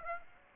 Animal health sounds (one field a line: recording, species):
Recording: mosquito wingbeat signal from an infrared sensor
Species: Aedes aegypti